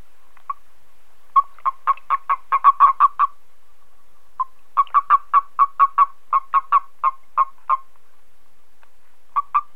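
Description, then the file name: Common toad calls: short mid-pitched croaking pulses in quick runs, given in two long bouts with a few stray notes, otherwise silent. "skrubtudse"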